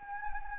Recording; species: mosquito wingbeat signal from an infrared sensor; Anopheles gambiae